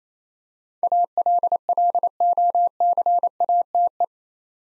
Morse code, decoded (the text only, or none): ALLOCATE